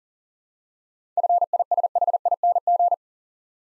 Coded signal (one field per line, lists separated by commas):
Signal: Morse code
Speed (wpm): 40 wpm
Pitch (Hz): 700 Hz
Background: none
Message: FISHING